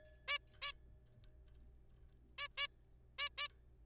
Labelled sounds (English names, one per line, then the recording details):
Zebra Finch
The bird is a juvenile
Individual R3428